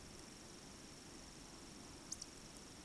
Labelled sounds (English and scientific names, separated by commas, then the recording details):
Eurasian Woodcock (Scolopax rusticola) whistle, Eurasian Woodcock (Scolopax rusticola) croak
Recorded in Baden-Württemberg, Germany, on 9 June 2021 at 20:20 UTC
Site 25175, 602 m above sea level